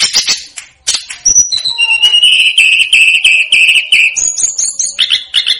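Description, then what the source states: Snowy-browed flycatcher song with chirps leading into a long, steady, slightly wavering whistle, then rapid paired notes. Masteran track made for training cage birds; Indonesian names Tledekan Gunung and Sikatan Gunung.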